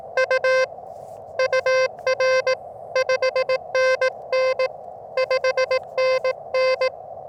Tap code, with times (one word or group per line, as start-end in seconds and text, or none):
none